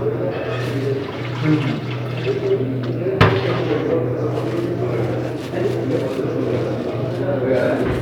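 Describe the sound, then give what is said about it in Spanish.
Water pours steadily into a bag as a bag of water is prepared at a shelter, a continuous rushing, gurgling stream lasting several seconds, with a sharp click partway through and indistinct voices murmuring underneath. “Ah, le voy a preparar la bolsa de agua.”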